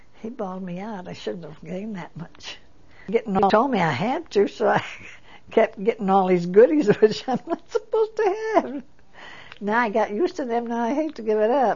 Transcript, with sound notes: he bawled me out, I shouldn't have gained that much, but he told me I had to, so I kept getting all these goodies (she laughs) that I'm not supposed to have. Now I got used to them, now I hate to give it up.